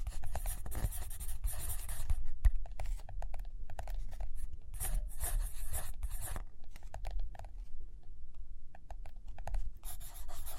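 Page turning and tapping with writing and drawing: dense, scratchy strokes with bright hissy bursts around the first second, near five seconds and again at the end. Short taps and clicks come irregularly throughout over a steady low rumble.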